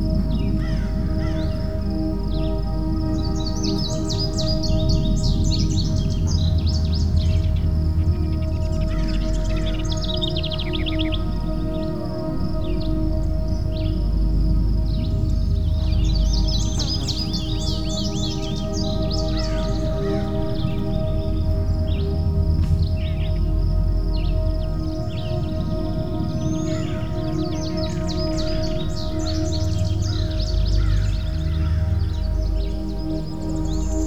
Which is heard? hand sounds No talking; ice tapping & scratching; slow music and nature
slow music and nature